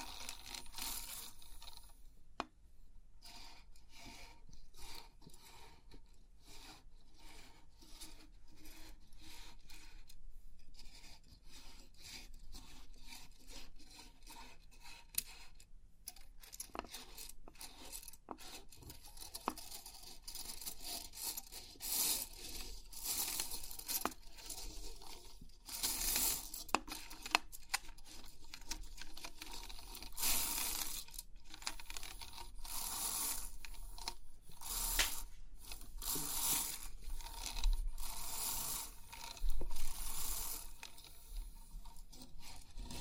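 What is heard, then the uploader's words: Crisp 3D pin art being handled, with dense clicking and rasping as the metal pins slide and rub. The sounds come in irregular bursts throughout, growing brighter and louder after about twenty seconds, with sharp ticks and brief scraping flurries near 26, 31 and 38 seconds. Crisp 3D Pin Art Tingles(No Talking).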